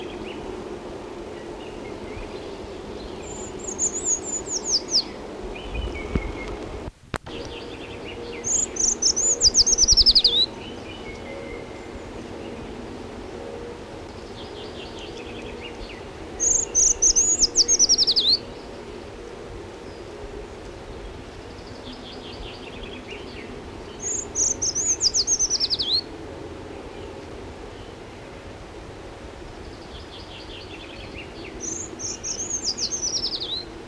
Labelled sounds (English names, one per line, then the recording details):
Eurasian Treecreeper
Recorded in the wild
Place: Wegfurt, DE
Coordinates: 50.3958, 10.0869
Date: 1964-04-02
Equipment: Uher Report 4000, AKG D190
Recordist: Krey, Winfried